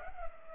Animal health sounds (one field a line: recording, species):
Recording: mosquito wingbeat signal from an infrared sensor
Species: Culex pipiens